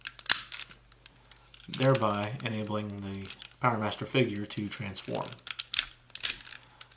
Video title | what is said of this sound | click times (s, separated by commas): Transformers G1 Powermaster Optimus Prime (1988) | push down and it will click into place | 0.3 s